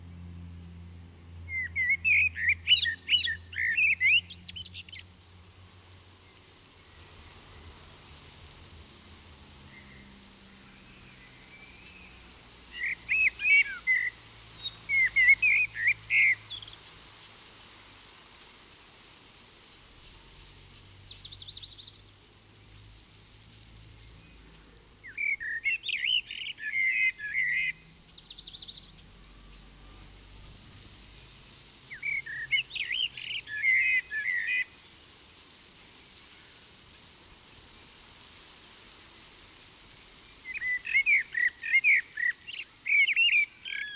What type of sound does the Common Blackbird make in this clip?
song